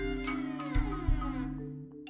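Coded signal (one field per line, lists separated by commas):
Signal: none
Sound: electronic beeps in music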